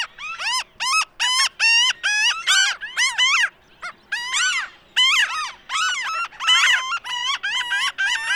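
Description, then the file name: Franklin's gull calls, a rapid series of nasal, harmonic-rich yelping notes repeated over and over. "Franklins Gull - Leucophaeus pipixcan"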